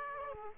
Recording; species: mosquito wingbeat signal from an infrared sensor; Aedes aegypti